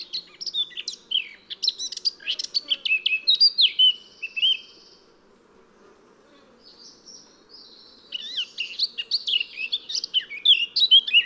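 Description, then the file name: Eurasian blackcap song: two bursts of quick, scratchy warbling that turn into clear, fluty whistled notes, with a quiet pause of about three seconds between them. "Sylvia atricapilla"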